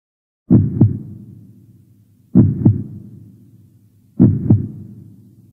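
Three paired low thumps, lub then dub, about 1.8 seconds apart, a slow steady rate near 32 beats a minute, each followed by a fading low rumble. A sound-effect heartbeat.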